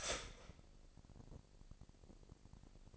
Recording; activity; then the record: daily activity, microphone in the room; start toaster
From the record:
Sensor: 5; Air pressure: 1007.2 hPa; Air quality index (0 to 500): 129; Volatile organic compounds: 2 ppm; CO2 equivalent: 981 ppm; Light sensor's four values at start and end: 25/57/23/23 and 25/57/23/23